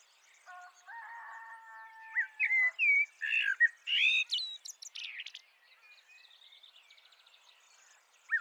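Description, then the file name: Eurasian blackbird song: low fluted whistles rising into a burst of higher, squeaky twittering notes, then softer trailing chatter and a final sharp note. "Turdus merula"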